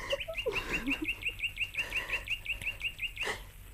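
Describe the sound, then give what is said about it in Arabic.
A small sparrow chirps in a quick, steady series of short, high-pitched tweets, roughly a dozen and a half in a row, with a brief pause midway and a soft murmur underneath. “تعال يا عصفور يا صغير، يا طاير ورمك.”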